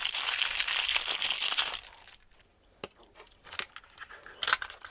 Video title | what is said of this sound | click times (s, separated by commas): How To Organize With The P-Touch D410 | Love things that click into place. | 4.4 s